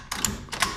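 The handle of a metal retractable transom strap ratchet is pulled up and cranked on the strap webbing, giving two sharp ratchet clicks near 0.2 s and 0.6 s with a dull mechanical rumble underneath. Nothing has locked or seated yet; the strap is still being handled.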